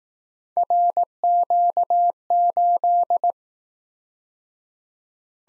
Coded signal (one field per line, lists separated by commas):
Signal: Morse code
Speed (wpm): 19 wpm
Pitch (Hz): 700 Hz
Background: none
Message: RQ8